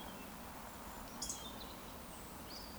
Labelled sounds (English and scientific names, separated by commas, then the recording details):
Eurasian Woodcock (Scolopax rusticola) whistle
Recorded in Baden-Württemberg, Germany, on 14 June 2020 at 20:05 UTC
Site 14569, 102 m above sea level